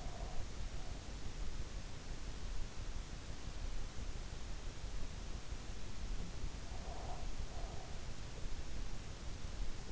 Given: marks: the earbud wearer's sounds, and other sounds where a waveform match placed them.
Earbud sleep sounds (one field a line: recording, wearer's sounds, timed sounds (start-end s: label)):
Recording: sounds in sleep by an in-ear microphone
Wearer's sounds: breath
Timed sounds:
0.00-0.48 s: breath
6.73-7.93 s: breath